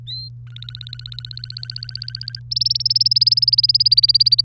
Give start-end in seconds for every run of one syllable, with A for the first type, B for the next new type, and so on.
0.07-0.29 A, 0.47-2.40 B, 2.51-4.41 C